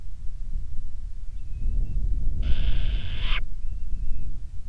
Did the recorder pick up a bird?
yes